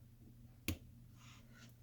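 A tool pries the second metal retaining tab on the frame of a Casio AE1200WH-1A digital watch module toward the person working, and it gives a single sharp click at 0.7 s as it releases. The tab clicks free. The rest of the clip is quiet, with a faint low hum and some soft hiss from handling.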